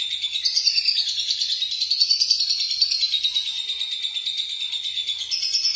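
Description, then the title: Lovebird song: dense, rapid, high-pitched chatter that wavers up and down without pause. "BM Suara Burung Lovebird"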